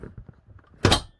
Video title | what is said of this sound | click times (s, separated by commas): Lance 2375 Walk Through | hopefully you heard that lock | 0.8 s